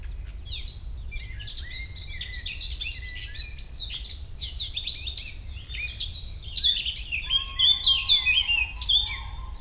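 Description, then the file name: Eurasian blackcap calling: busy scratchy high notes in fast, varied bursts, joined late by a low steady whistled tone, over a constant low rumble. "Sylvia atricapilla"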